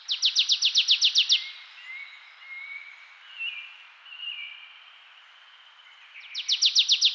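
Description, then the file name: Marsh tit giving a fast series of sharp chipping notes, about ten in a burst, repeated after a pause, with faint thin whistles between. "Poecile palustris"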